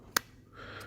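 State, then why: Seated. A terminal lock on a vehicle connector housing is pushed back down after the terminal is seated. A sharp, broadband click rings out at 0.2 s as the locking piece snaps into place. A faint mid-pitched hum follows toward the end, and the lock is confirmed seated.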